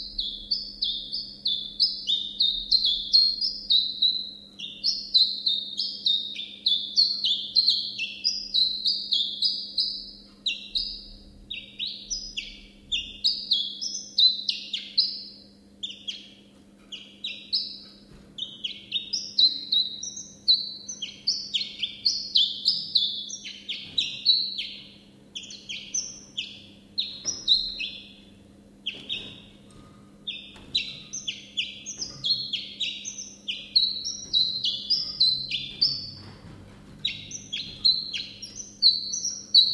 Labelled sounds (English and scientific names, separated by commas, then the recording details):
Common Chiffchaff (Phylloscopus collybita)
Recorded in captivity
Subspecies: collybita
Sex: male
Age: adult
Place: Zoologisches Institut Universität Tübingen, Baden-Württemberg, DE
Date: 1965-05-15 12:30
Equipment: Nagra III PH, kleiner englischer Parabolspiegel, LGS26
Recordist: Schneider, Hans-Joachim
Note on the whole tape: In einem separaten Raum: Männchen blau/grün - blau/rot. Auch Aufnahmen vom 17. Mai 1965 6.50 Uhr: Männchen blau/grün - gelb/rot, geschlüpft am 15.05.1964 auf der Lichtenberger Höhe. MaAs: E.B